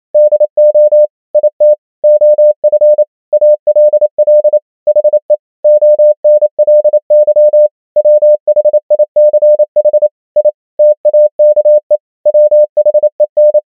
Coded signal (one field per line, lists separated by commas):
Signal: Morse code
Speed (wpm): 28 wpm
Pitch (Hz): 600 Hz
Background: none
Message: DO IT OF ALL HE ONLY WHICH I TAKE WHEN